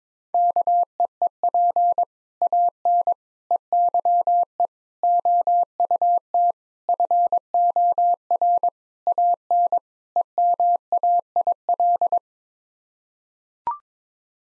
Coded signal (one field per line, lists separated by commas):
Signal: Morse code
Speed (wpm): 21 wpm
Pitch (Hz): 700 Hz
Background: none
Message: KEEP AN EYE OUT FOR AN EMAIL